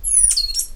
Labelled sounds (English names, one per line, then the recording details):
Stitchbird song
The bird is a male
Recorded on Tiritiri Matangi Island, New Zealand, in 2005
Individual 10, of nest box 12